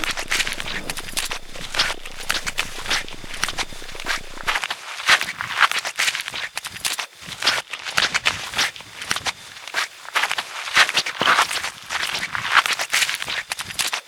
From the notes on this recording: Blue Scratch Jeans